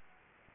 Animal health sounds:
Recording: mosquito wingbeat signal from an infrared sensor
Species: Anopheles gambiae

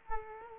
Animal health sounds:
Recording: mosquito wingbeat signal from an infrared sensor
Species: Culex quinquefasciatus

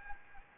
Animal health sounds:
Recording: mosquito wingbeat signal from an infrared sensor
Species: Anopheles gambiae

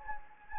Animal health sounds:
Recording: mosquito wingbeat signal from an infrared sensor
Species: Anopheles gambiae

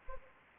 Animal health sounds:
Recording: mosquito wingbeat signal from an infrared sensor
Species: Anopheles arabiensis

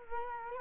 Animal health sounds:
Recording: mosquito wingbeat signal from an infrared sensor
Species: Culex quinquefasciatus

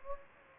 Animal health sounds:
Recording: mosquito wingbeat signal from an infrared sensor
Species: Anopheles gambiae

